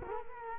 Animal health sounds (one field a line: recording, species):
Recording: mosquito wingbeat signal from an infrared sensor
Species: Culex quinquefasciatus